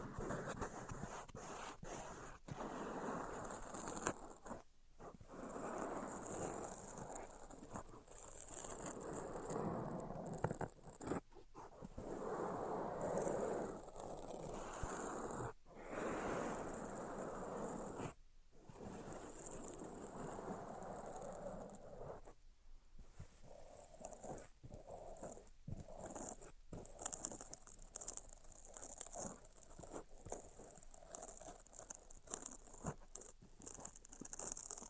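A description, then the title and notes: Tapping, scratching and tracing sounds run throughout, a dense mid-range rustle broken by frequent short silences and sharp taps, especially around 5, 11, 15, 18 and 22–28 seconds. A steady thin hiss sits high above the scratching the whole time. Tapping, Scratching, and Tracing Sounds.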